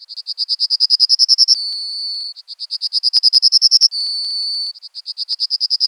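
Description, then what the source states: Bird song of rapid high pulsed notes that rise slightly, broken twice by a steady sustained tone before the pulsing resumes. Segmented song unit.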